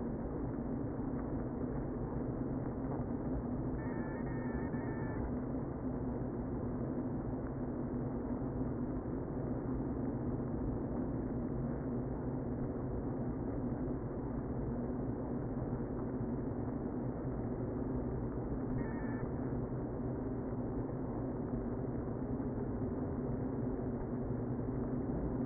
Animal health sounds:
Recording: honeybee colony, microphone inside the hive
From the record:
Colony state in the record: queen present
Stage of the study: before two queens were removed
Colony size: about 60,000 bees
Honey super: yes

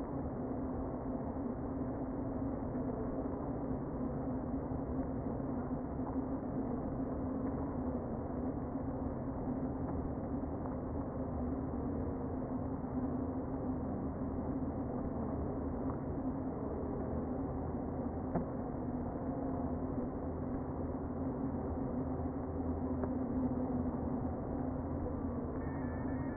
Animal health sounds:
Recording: honeybee colony, microphone inside the hive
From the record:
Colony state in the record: queen present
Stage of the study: before two queens were removed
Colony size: about 60,000 bees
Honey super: yes

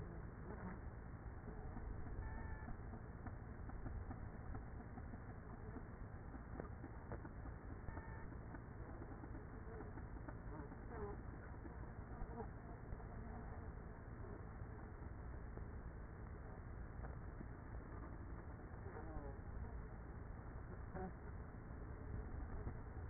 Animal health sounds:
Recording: honeybee colony, microphone inside the hive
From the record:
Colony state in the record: queenless with a low population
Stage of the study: after two queens were removed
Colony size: about 30,000 bees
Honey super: no

